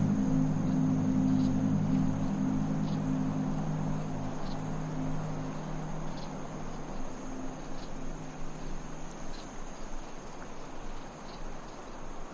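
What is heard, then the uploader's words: Chirping bugs trill in a steady, thin high band, with faint repeated pulses every second or two. Below, a low droning tone holds for the first several seconds, then fades, leaving a soft rushing wind that continues at a slightly lower level. Fast Asleep in the Desert. Desert winds, chirping bugs, and ambient tones combine to create a peaceful atmosphere.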